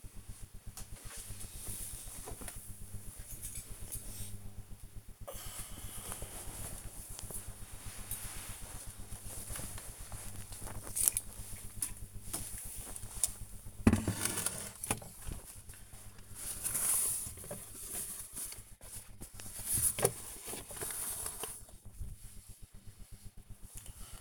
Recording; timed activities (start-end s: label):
household activities, microphone on the right wrist
0.00-24.21 s: tidy up the cupboard